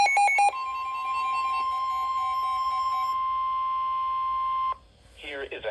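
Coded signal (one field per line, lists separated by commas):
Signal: Emergency Alert System (SAME) tones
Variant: 1050 Hz attention tone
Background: speech, music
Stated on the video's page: High wind warning received from the weather radio station in Columbus, Ohio.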